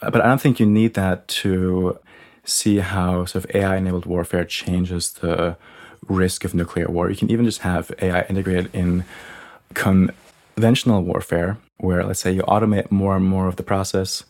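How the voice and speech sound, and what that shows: A low-pitched adult man who stutters speaks in a steady conversational voice, broken by several stretched sounds ("the…", "in…") and a silent block in the middle of "con–ventional." These prolongations and blocks, heard as pauses and unusual speech patterns, are typical of stuttering.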